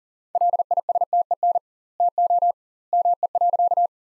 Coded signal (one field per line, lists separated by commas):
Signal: Morse code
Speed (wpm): 40 wpm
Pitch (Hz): 700 Hz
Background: none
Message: LISTEN TO ME.